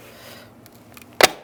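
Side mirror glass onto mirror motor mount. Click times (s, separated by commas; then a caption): 1.2 s. Side mirror glass with its plastic backing, from a 2002–2009 Chevy Trailblazer, is pushed in the center onto the mirror motor mount. After a quiet stretch with a few faint ticks, one loud, sharp snap at 1.2 s marks the glass locking in place on the mount.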